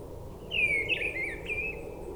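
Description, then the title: Mistle Thrush giving a single rich whistled phrase, slightly descending with a brief flourish, over low rumbling noise. Brison-Saint-Innocent, France; forest edge, singing perched high in a treetop; frequent aircraft passing from nearby airport; Sunday; grey weather, 10°C. "Brison-Saint-Innocent, France - Grive draine"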